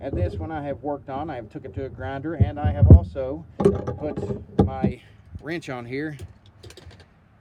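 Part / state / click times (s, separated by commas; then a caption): wrench on a rounded hex bolt head in a wood block / stripped / 6.6 s, 6.7 s, 6.8 s, 6.9 s, 7.0 s. Someone talks, then a wrench is put on a steel hex bolt head set in a wood block, a head that had been ground down on a grinder. The wrench slips around the rounded head with a series of small clicks at 6.6, 6.7, 6.8, 6.9 and 7.0 seconds. The bolt head is stripped.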